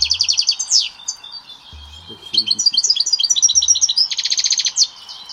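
European goldfinch singing bright, fast liquid twitters and trilled runs, with a few soft low thuds underneath.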